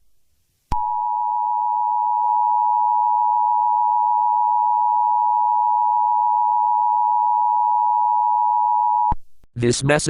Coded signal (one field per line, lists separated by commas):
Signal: Emergency Alert System (SAME) tones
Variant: 853 and 960 Hz attention tone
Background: speech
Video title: The EAS Scenario: The Darkness Invasion of San Andreas